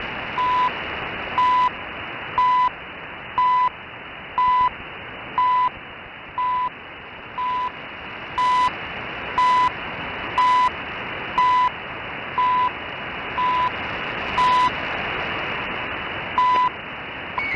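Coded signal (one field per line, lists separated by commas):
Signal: none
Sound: intro music beeps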